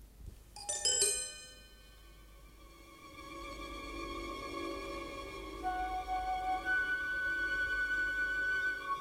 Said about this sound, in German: Sie möchten die Klingel an Ihrer Schreibmaschine abstellen. Es macht mich nervös, dieses ewige Geklingel. Die Klingel lässt sich nicht abstellen, Herr Doktor.